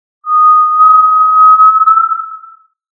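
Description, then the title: Tinamou giving a single pure, steady whistle lasting over two seconds, against a silent background. "Familia Tinamidae"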